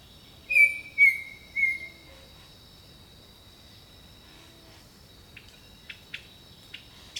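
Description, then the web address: Bird song: three loud descending whistled notes, followed by soft scattered clicks and ticks against a continuous high-pitched insect drone. Jungle setting. "Echoes of Nature - Jungle Talk 01 Jungle Birdsong"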